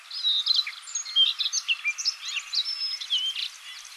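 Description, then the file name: Siberian rubythroat song: dense, rapid warbling with sharp whistled notes and chattering phrases running without a break. Recorded in Hokkaido, Japan, on 24 June 2005. "nogoma 050624 hokkaidou kaji"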